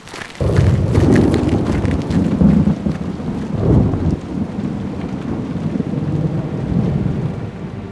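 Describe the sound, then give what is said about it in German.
Deep, sustained rumbling thunder rolls on for several seconds after a sudden onset, swelling and easing in low booming waves with a faint hiss of rain and wind underneath. “Dieses Geräusch ist der Donner.”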